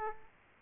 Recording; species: mosquito wingbeat signal from an infrared sensor; Aedes aegypti